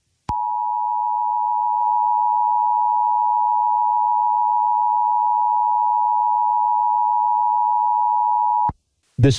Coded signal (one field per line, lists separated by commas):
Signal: Emergency Alert System (SAME) tones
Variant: 853 and 960 Hz attention tone